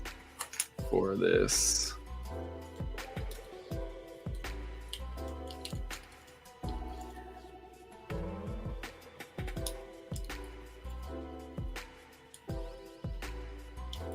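A plastic part of a Full Mechanics Forbidden Gundam model kit is handled and pressed against the torso assembly, where the joint is meant to click, with short faint plastic taps while music plays and someone talks. Nothing has seated or clicked yet when the clip ends.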